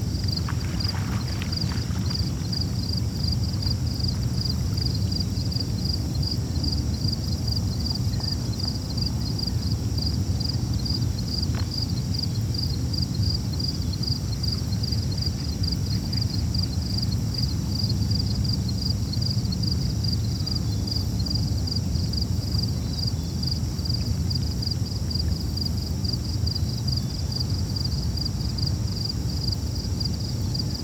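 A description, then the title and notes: A calm night by a lake, carried by a steady low rumble like wind or traffic. High above it, a rapid, regular pulsing of insects chirps without a break. A few faint clicks stand out near the start. Calmest Night at the Lake.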